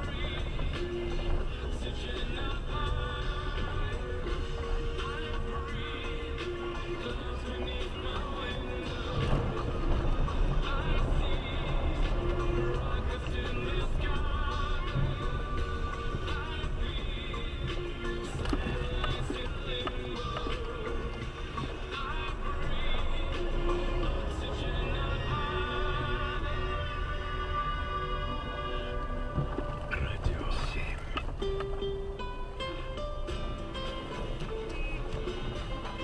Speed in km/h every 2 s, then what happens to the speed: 13, 9, 9, 8, 8, 11, 13, 14, 12, 10, 6, 3, 5, 7, 7, 7, 5, 3.
0-8 steady at about 9. 8-15 speeds up to 14. 15-21 slows to 3. 21-36 steady at about 5.